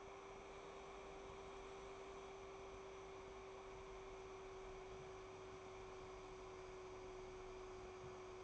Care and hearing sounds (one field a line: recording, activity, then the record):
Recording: daily activity, microphone in the room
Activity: make coffee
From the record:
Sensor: 1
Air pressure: 1014.7 hPa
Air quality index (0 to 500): 191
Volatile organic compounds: 27 ppm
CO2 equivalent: 2885 ppm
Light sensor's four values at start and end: 4/9/3/3 and 4/9/3/3